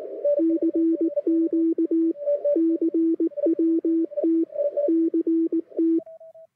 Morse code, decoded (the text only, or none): CQ CWT CT